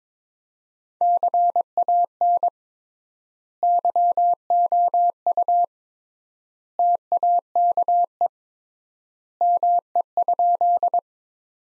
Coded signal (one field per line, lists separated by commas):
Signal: Morse code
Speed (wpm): 22 wpm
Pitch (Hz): 700 Hz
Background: none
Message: CAN YOU TAKE ME?